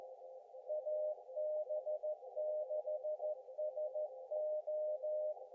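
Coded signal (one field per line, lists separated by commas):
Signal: Morse code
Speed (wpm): 18 wpm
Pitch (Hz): 590 Hz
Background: none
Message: AB6SO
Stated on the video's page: QRP SOTA summit activations, also POTA/WWFF, using a KX2 with linked dipole while backpacking.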